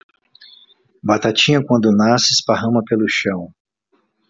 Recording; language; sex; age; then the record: short text; Brazilian Portuguese; male; 50 to 59 years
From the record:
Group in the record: control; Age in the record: 55 years